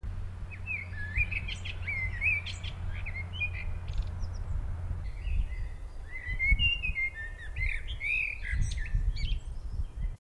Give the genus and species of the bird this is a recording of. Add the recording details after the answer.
Turdus merula. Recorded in the wild. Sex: male. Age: adult. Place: Erlangen, Bayern, DE. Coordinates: 49.6031, 10.9519. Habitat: pond. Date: 1965-05-14. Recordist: Tretzel, Erwin. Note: Dummetsweiher: Männchen: Gesang (zwei Strophen)